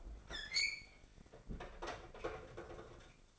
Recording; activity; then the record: daily activity, microphone in the room; open fridge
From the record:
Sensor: 5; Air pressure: 995.4 hPa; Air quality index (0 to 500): 93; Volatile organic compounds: 5 ppm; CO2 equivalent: 1760 ppm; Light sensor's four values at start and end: 35/85/34/35 and 37/90/36/37